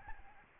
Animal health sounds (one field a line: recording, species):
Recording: mosquito wingbeat signal from an infrared sensor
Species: Aedes albopictus